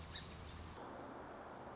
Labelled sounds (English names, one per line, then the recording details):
Song Sparrow
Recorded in Sonoma County, California